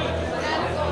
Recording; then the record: background sound without coughing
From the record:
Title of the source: CITY SOUNDS Busy Bar in the Evening Night - 2 HOURS of Ambiance for Relaxation